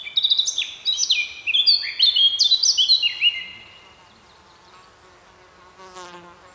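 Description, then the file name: Eurasian blackcap warbling, a quick tumbling phrase of descending whistles lasting about three seconds, then near silence with a faint note. "Sylvia atricapilla"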